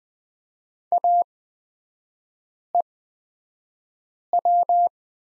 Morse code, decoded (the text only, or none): AEW